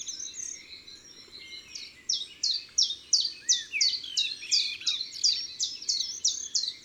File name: Pouillot veloce Chants doiseaux des bois et des forets